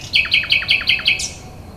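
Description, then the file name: Common nightingale song phrase: six rapid, sharp repeated notes followed by a high flourish at the end. "rossignol"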